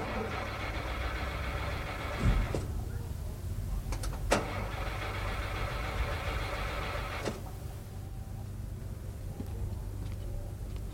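A car engine turns over and settles into a steady low rumble, broken by a few sharp mechanical clunks and clicks along the way.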